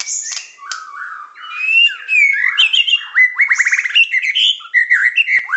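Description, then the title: Bird song: a rich mix of whistled slurs and a rapid, evenly spaced trill of sharp notes, with varied chirps around it. Complete masteran recording, songbird song compiled as a tutoring track. "Kicau Burung Masteran Lengkap"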